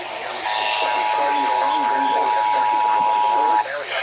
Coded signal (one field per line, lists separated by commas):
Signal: Emergency Alert System (SAME) tones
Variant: 853 and 960 Hz attention tone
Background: speech